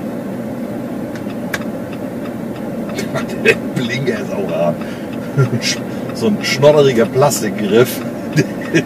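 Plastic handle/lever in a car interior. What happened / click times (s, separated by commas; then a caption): The plastic handle snapped into its detent / 1.5 s. A flimsy plastic handle inside a rented Jeep Compass 4x4 from Sixt is worked and snaps into its detent with a sharp click at 1.5 s, over a low steady background hum. Someone talks afterward, judging the grip rustic rather than elegant, like something that latches into place from a hardware store.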